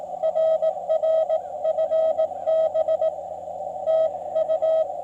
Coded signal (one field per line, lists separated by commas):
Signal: Morse code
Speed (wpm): 16 wpm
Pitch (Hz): 650 Hz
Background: radio noise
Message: RR FB TU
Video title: POTA - CW / SSB - Lake Norman, US-2740 & Changes to Mobile Install